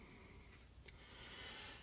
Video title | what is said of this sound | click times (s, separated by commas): Stihl MS270 rebuild part 2 | this you just take push that on there until it snaps into place make sure it's seated on there | 0.9 s